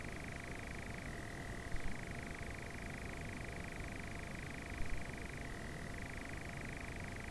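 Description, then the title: Nightjar churr, an unbroken rattling trill that briefly drops to a lower pitch twice before switching back up, with soft low thumps in the background. More than one nightjar. "Nightjars and a passing car"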